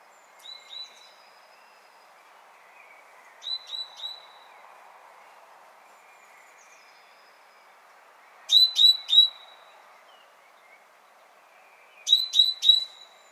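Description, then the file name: Great tit calls in short bursts of two to three bright, sharply falling notes, repeated every few seconds over a soft steady background hiss. "Parus major"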